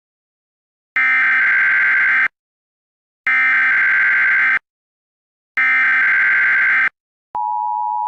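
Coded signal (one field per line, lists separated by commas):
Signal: Emergency Alert System (SAME) tones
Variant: header bursts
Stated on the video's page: Fictional EAS scenario of a Yellowstone caldera eruption; not real.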